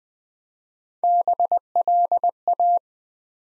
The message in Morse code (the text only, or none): BLA